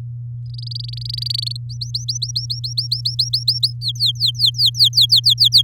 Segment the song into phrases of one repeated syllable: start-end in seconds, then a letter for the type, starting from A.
0.46-1.57 A, 1.69-3.73 B, 3.81-5.62 C